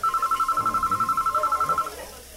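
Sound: telephone ringing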